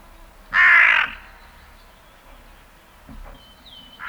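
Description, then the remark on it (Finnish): A hooded crow gives a loud, harsh, rasping caw, then after a pause of a couple of seconds a fainter, shorter caw follows, with a quiet outdoor background in between. “Varis raakkuu muutamia kertoja peräkkäin.”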